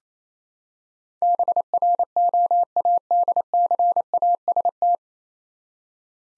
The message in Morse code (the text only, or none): BROADCAST